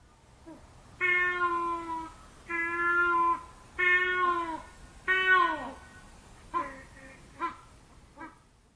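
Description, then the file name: Crested ibis giving a series of four drawn, nasal calls, each about a second long, the later ones bending downward, followed by a few shorter, weaker notes. Recorded on Sado, 2 February 2015. "toki 150202 sado"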